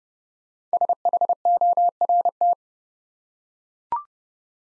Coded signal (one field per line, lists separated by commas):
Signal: Morse code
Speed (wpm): 30 wpm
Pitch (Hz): 700 Hz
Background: none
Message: SHORT